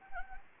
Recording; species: mosquito wingbeat signal from an infrared sensor; Anopheles arabiensis